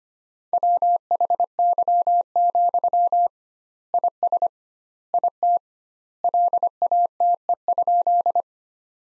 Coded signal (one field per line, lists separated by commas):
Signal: Morse code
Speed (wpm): 25 wpm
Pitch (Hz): 700 Hz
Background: none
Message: WHY, IS IT LATE?